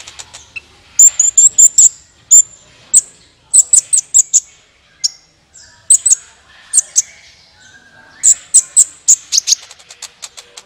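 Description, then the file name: Sunbird song: clusters of very high, sharp chirps repeated in short bursts with brief pauses between. "suara kolibri ninja"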